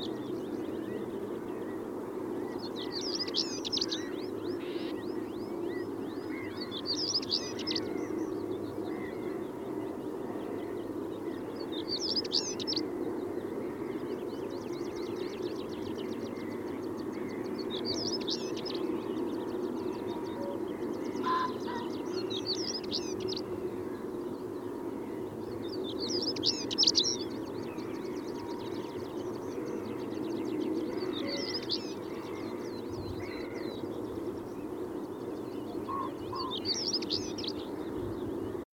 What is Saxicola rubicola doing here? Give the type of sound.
song